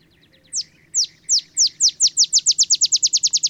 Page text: songs Olive Sparrow. Recording early morning just 50 miles north of the Mexican border in Texas. Birdsong for the Curious Naturalist